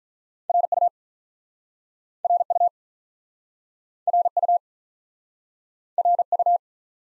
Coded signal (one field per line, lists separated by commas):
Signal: Morse code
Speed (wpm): 48 wpm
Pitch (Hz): 700 Hz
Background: none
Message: R U R U R U R U